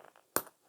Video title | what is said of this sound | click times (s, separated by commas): How to sew fully lined vinyl boxed bags using sample and vinyl offcuts | And you should hear a click when you push on it, | 0.4 s